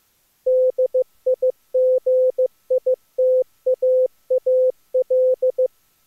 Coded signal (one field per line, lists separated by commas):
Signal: Morse code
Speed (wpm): 18 wpm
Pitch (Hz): 510 Hz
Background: none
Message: DIGITAAL